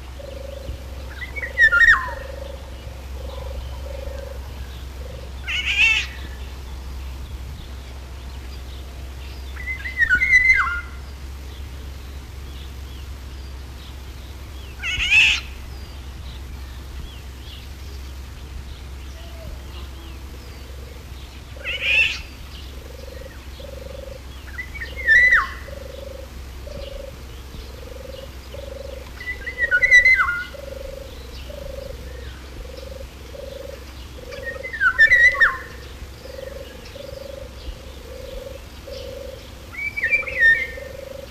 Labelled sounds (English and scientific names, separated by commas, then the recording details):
Eurasian Golden Oriole (Oriolus oriolus) song
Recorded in the wild
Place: Illmitz, AT
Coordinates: 47.7544, 16.7631
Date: 1964-05-18
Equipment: Uher Report 4000, AKG D190
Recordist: Krey, Winfried